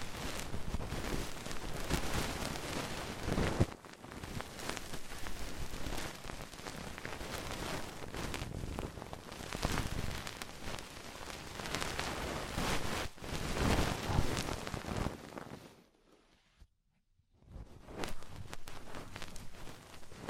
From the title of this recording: Tingly Ear Cleaning Rhinestone & Clay Removal